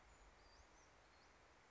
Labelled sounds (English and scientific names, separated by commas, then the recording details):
Western Flycatcher (Empidonax difficilis)
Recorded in Sonoma County, California